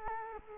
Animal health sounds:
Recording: mosquito wingbeat signal from an infrared sensor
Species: Culex quinquefasciatus

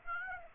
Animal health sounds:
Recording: mosquito wingbeat signal from an infrared sensor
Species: Aedes aegypti

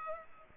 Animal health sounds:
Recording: mosquito wingbeat signal from an infrared sensor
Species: Culex pipiens

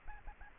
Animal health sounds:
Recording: mosquito wingbeat signal from an infrared sensor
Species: Anopheles arabiensis

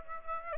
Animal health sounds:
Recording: mosquito wingbeat signal from an infrared sensor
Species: Aedes aegypti

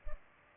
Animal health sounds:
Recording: mosquito wingbeat signal from an infrared sensor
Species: Culex pipiens

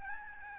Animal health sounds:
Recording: mosquito wingbeat signal from an infrared sensor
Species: Aedes albopictus

